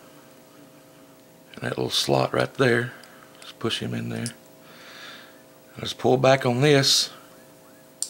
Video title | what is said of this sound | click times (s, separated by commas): Ruger MK III Disassembly and Reassembly...The easy way | until it clicks, just like that. | 8.0 s